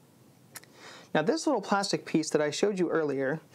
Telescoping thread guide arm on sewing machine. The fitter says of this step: and then i can pull up our telescoping arm for the thread guide which locks into place and now